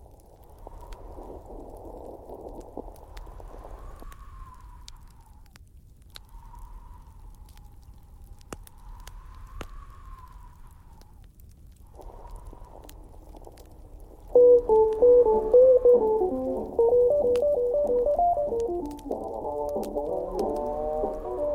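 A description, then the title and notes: Wind rumbles low throughout, with whistling gusts that rise and fall in pitch over the first twelve seconds. Scattered fire crackles pop here and there. From about fourteen seconds, a louder, stuttering pitched whine takes over until the end. Wind and fire crackling sounds.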